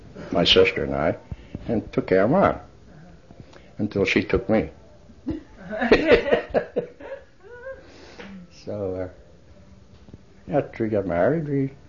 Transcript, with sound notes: my sister and I, and took care of Mom -- until she took me. ( they laugh ) So after we got married, we,